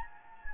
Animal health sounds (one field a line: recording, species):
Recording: mosquito wingbeat signal from an infrared sensor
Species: Anopheles gambiae